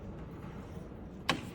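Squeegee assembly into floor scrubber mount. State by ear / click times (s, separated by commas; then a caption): seated / 1.3 s. A squeegee assembly is lined up with the notches on a floor scrubber mount and rolled forward until it locks into place, with a sharp click at 1.3 seconds. Before the click there is only a low, steady background hum, and after it the squeegee is seated.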